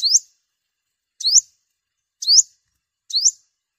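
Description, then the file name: Sunbird calls: four sharp, high chirps, each sweeping upward, given roughly once a second. "tieng-hut-mat-5-mau-liu"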